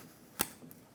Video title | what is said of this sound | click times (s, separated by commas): How to Replace Fuel Level Sensor 2000-2006 Chevrolet Tahoe | listen for a click give it a tug | 0.4 s